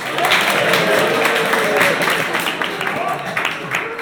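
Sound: audience clapping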